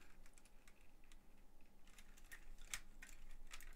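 A plastic Lego brick gear and pin assembly is pushed down into the wing mechanism of a Lego ARC-170 Starfighter, set #8088. Light, scattered plastic ticks and taps run through the clip, with the sharpest, loudest click at 2.7 s. The gear assembly locks into place.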